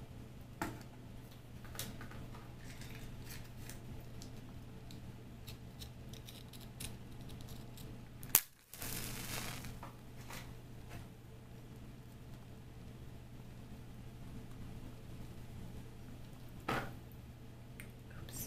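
A match is struck just past the eight-second mark: a sharp snap, a brief hush, then a second of bright flaring hiss. Around it, small scattered taps and clicks sit over a steady low hum, with another distinct click near the end.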